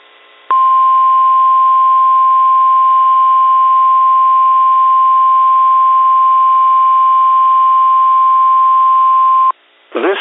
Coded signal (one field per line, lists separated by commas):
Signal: Emergency Alert System (SAME) tones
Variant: 1050 Hz attention tone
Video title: 5/24/23 BOX RWT On WXJ41 EAS#345